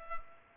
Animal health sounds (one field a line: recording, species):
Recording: mosquito wingbeat signal from an infrared sensor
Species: Culex pipiens